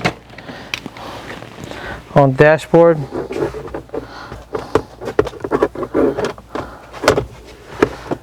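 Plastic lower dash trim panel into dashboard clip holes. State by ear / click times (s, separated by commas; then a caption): seated / 7.1 s, 7.8 s. Someone talks while a plastic lower dashboard knee panel on a 2016 Subaru Forester is pressed back onto the dash, with scattered taps and knocks of the trim being handled. Its white plastic clips snap into the dashboard clip holes with two sharp clicks at 7.1 s and 7.8 s, and the panel is seated.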